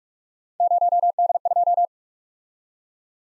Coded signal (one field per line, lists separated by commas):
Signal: Morse code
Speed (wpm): 44 wpm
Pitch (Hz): 700 Hz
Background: none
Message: 0D2